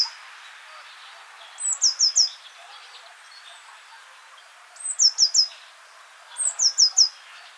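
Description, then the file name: Eurasian blue tit calling: three high, thin phrases, each a short opening note followed by a quick run of three or four bright notes, with pauses of one to three seconds between them. "Cyanistes caeruleus"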